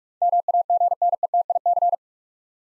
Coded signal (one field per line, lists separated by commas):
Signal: Morse code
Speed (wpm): 47 wpm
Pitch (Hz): 700 Hz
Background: none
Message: MAGNETIC